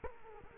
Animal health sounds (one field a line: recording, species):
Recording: mosquito wingbeat signal from an infrared sensor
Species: Culex quinquefasciatus